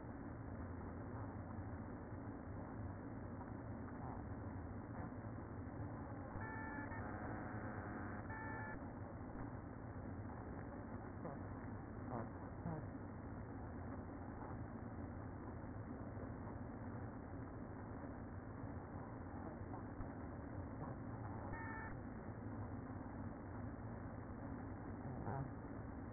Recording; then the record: honeybee colony, microphone inside the hive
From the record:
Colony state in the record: queen present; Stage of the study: after two queens were removed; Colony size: about 60,000 bees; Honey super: yes